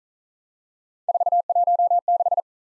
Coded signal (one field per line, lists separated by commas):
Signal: Morse code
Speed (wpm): 41 wpm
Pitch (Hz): 700 Hz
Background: none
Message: 416